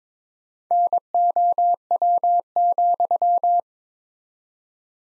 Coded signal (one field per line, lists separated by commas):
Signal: Morse code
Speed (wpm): 21 wpm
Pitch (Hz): 700 Hz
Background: none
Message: NOW,